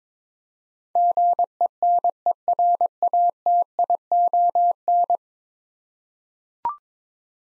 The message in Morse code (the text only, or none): GENERATION